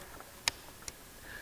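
The top plastic wiring harness connector is pushed back onto the engine computer of a 3.6L Jeep Wrangler JL during a DiabloSport Pulsar installation. A loud, very short click sounds at 0.5 s, followed by a fainter tick at 0.9 s, over a quiet background. The connector is seated on the engine control module.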